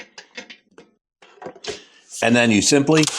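The bottom of the battery pack of an ACTBEST Core ST 2.0 e-bike is set into the frame cradle before the pack is pushed home, making a few light handling knocks in the first second or so. Someone then talks. Nothing has seated or clicked yet.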